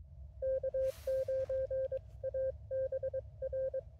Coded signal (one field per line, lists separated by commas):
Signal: Morse code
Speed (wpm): 23 wpm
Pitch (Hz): 530 Hz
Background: none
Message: K9ABR